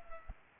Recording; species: mosquito wingbeat signal from an infrared sensor; Culex pipiens